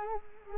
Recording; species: mosquito wingbeat signal from an infrared sensor; Culex quinquefasciatus